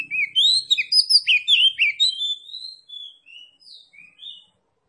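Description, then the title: Oriental magpie-robin song beginning with a loud fast cascade of varied whistles and trills, then slowing into softer, spaced thin whistled notes that fade out. Kacer Tretes, described as gacor (singing vigorously). "Kacer Tretes Gacor"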